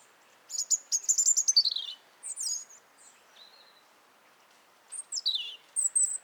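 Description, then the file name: European robin song: a fast, high, buzzy trill sliding downward, a short warbled phrase, then another falling trill after a pause. "Erithacus rubecula"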